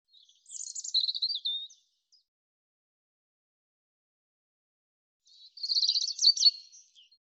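European robin song: two high, intricate phrases of thin whistles and fast twittering trills, separated by about three and a half seconds of silence.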